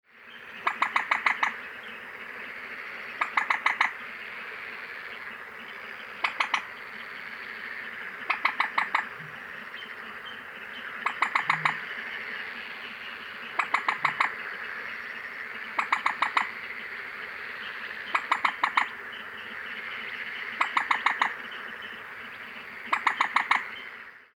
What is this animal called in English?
Common Moorhen